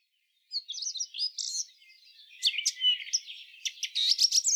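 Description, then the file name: Eurasian blackcap: songbird warbling in a hurried, scratchy jumble of high twittering notes with sharp clicks and a brief quieter stretch mid-phrase. "Sylvia atricapilla"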